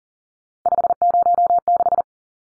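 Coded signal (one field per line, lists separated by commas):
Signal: Morse code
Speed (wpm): 40 wpm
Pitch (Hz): 700 Hz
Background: none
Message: 506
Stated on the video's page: Morse practice drill of three-digit numbers at 40 wpm, each number sent twice.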